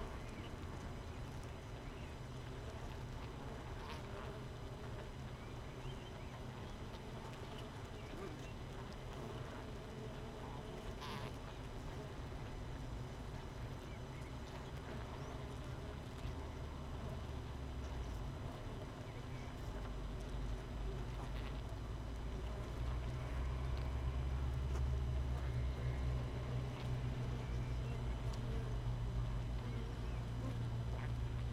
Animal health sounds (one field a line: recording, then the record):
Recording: honeybee colony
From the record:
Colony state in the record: missing queen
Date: 31 May 2018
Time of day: 6:39